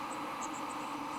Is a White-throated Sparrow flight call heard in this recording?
no